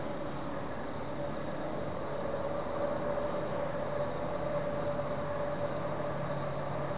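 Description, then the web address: Crickets chirping in a dense, unbroken chorus, a steady high trill with softer pulsed chirps above it, over a low constant rumble. Crickets, several, recorded at night at Goldens Bridge, New York State, USA. "BBC Sound Effects Library - (America) Goldens Bridge, NY State - crickets at night"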